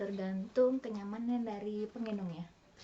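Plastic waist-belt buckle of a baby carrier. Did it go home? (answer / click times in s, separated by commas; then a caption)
no / none. A plastic waist-belt buckle of a soft baby carrier is being handled while someone talks. Nothing has seated or clicked yet.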